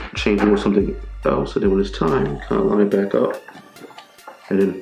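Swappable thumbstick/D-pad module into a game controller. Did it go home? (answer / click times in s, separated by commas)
no / none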